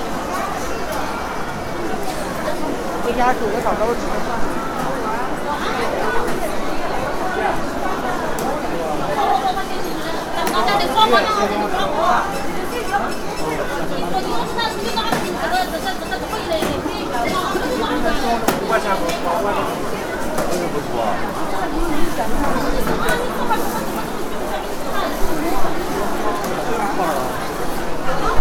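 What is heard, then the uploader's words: A busy hospital outpatient hall fills with a steady hum of many overlapping voices, none standing out clearly. The crowd chatter stays dense and even for the whole half minute, with occasional voices and small clicks rising briefly above the murmur. Qingdao Hospital Outpatient Hall. Track 8 is Qingdao Hospital’s busy outpatient service hall. On this day, many people are sick.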